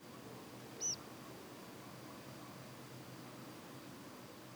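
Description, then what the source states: Bird flight call: a single brief, thin, high note near the start, followed by steady faint hiss. Nocturnal flight call recorded 20 September 2012.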